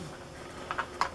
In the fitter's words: they did like I said they fit in here really nice and they snap into place so you know they're secure with